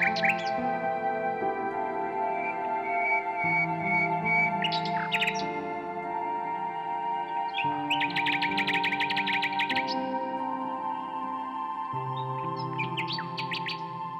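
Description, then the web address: Common nightingale song with a long buzzy trill of rapid clicking notes and scattered sharp whistles, set against continuous low drone-like tones. "Circlesandlines recordings. h wialenove - nightingale song"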